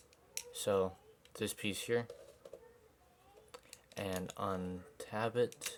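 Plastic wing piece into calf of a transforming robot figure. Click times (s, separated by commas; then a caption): 0.4 s. A plastic wing piece is tabbed into the calf of a transforming robot figure and seats with a sharp click at 0.4 s. Someone talks over the clip, and a few fainter plastic ticks follow around 2.5 and 3.5–3.7 s.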